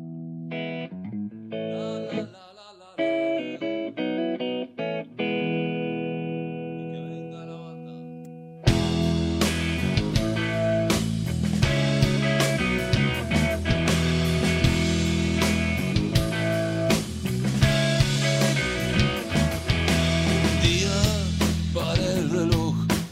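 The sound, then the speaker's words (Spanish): A melancholic rock song from 2002 opens with a sparse, effects-laden guitar figure, then a full band with drums and distorted guitars bursts in loudly and keeps a dense, driving sound. “Abandona un poco el tema de la distorsión punk y se va más para el rock.”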